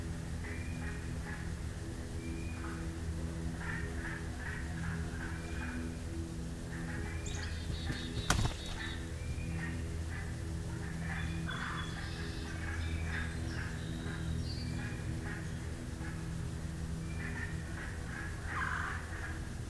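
Scattered frog and bird calls chirp over a steady low hum in a swamp, with one sharp click just past eight seconds.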